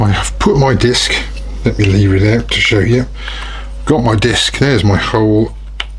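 Someone talks while handling a stainless steel bottle opener disc that is to be pressed into its recess in a turned handle, with a brief sharp tap near 5.8 s. The disc has not yet seated or clicked into place by the end of the clip.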